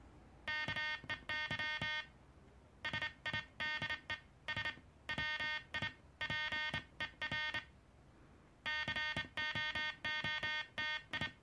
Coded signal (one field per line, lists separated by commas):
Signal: Morse code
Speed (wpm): 27 wpm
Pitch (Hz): 1850 Hz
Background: none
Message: KEY SIDESWIPER COOTI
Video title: SidesWiper (Cootie) morse code key KDM 2 made in USSR.